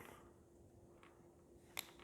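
A plastic connector housing is pressed onto a soldered wire connector during the build of an FMS F4U Corsair 1700mm model plane. After a quiet hum and a faint tap near 1.0 s, a single sharp click sounds at 1.8 s as the housing snaps on and seats.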